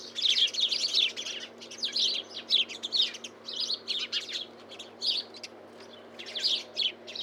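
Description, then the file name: House sparrow chirping in dense bursts of many sharp chirps, with short pauses between bouts and a faint low steady hum underneath. "Passer domesticus"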